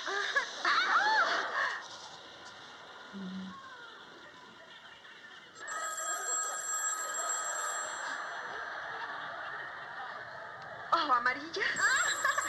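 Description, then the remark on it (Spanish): A telephone rings with a steady, bright electronic trill lasting several seconds, bracketed by people talking briefly before and after it. “¡Papá, teléfono!”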